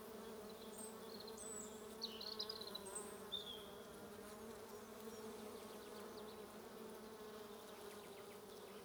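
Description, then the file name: Bees droning in a constant low hum, while short high bird chirps sound, mostly in the first few seconds. "buzzing bees"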